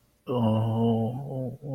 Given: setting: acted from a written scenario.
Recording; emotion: vocal sound without words; guilt